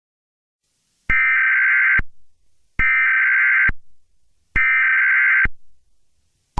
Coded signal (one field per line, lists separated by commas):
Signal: Emergency Alert System (SAME) tones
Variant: header bursts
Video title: EAS Scenario #37: Chemical Spill Chaos